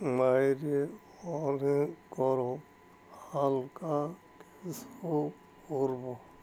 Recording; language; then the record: elicited speech; Bengali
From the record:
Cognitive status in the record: dementia